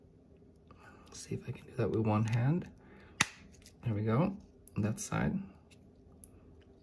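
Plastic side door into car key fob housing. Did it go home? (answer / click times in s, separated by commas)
yes / 6.2 s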